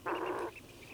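Steller's eider giving a single short, harsh, nasal call.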